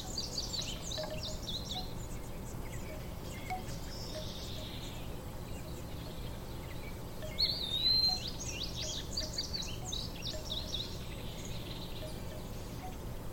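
Bright bird chirps and twitters flicker over a steady low rumble, with a louder burst of calls around eight seconds.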